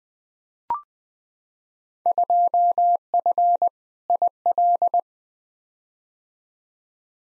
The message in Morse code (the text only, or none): 2F IL